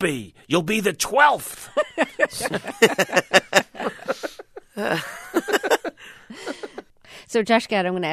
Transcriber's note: laughter